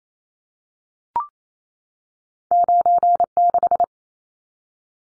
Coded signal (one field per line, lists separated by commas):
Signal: Morse code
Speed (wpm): 28 wpm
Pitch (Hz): 700 Hz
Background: none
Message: 96